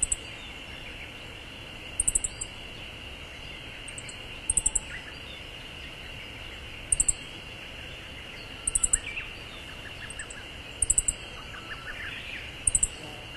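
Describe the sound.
Siberian bunting calls: very high, thin ticking notes in quick bursts of two to four, repeated every two seconds or so, over a steady insect-like hum.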